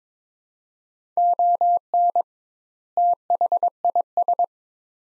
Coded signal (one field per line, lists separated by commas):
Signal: Morse code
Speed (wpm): 22 wpm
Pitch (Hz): 700 Hz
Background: none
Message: ON THIS